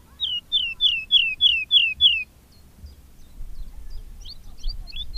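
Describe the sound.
Woodlark song: six slow, clear, drawn-out descending whistles about a third of a second apart, then quieter scattered notes over a soft low rumble.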